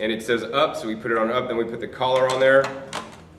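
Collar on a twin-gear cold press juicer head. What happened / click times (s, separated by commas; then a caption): Handled, not yet home: the collar is being fitted but has not locked / none. Someone talks while the end cap is set on its "up" side and the threaded collar is put onto the head of a twin-gear cold press juicer, with soft handling noises under the voice. The collar has not locked into place yet, and nothing has seated or clicked.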